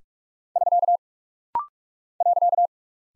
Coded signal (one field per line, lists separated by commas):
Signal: Morse code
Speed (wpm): 46 wpm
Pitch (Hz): 700 Hz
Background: none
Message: <SK> .